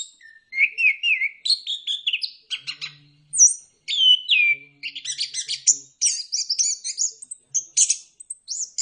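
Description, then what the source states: Bird song, busy and continuous, mixing wavering whistles, downslurred notes and crowded high chirps throughout. Birdsong intended for mastering, that is training, pet birds.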